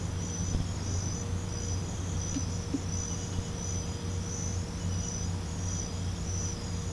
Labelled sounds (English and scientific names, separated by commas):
none